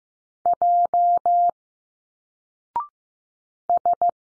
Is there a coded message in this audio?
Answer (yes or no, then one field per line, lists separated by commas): yes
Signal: Morse code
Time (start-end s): 0.5-4.1 s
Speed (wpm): 15 wpm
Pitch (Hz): 700 Hz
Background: none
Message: J S